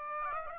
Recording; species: mosquito wingbeat signal from an infrared sensor; Aedes aegypti